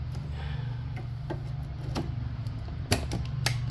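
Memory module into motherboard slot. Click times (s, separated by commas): 2.9 s, 3.5 s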